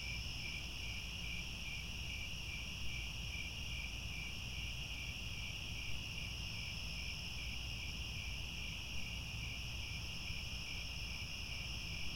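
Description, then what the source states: Crickets chirping en masse, a fast pulsed trill beneath sustained shrill tones, continuous over a deep low hum. Chorus of crickets at twilight, as the sun sets and stars appear.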